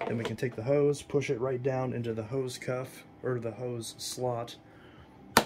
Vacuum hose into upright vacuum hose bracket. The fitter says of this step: and click the hose right in the top bracket which so many people don't do